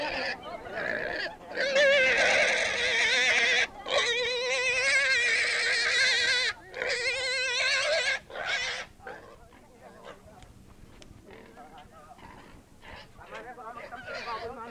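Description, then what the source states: Pig squeals loudly in long quavering cries for about eight seconds, then quieter scattered squeaks follow. Barnyard scene.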